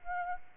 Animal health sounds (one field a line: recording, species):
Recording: mosquito wingbeat signal from an infrared sensor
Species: Aedes aegypti